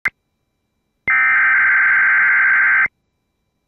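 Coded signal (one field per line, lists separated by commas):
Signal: Emergency Alert System (SAME) tones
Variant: header bursts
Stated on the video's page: Minnesota tornado drill alert aired on a radio station.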